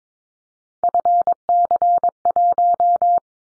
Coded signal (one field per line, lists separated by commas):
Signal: Morse code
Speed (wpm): 22 wpm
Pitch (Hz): 700 Hz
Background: none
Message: FC1